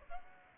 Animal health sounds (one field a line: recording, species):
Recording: mosquito wingbeat signal from an infrared sensor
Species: Aedes aegypti